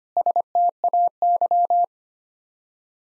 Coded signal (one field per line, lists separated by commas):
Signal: Morse code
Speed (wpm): 25 wpm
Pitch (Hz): 700 Hz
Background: none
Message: STAY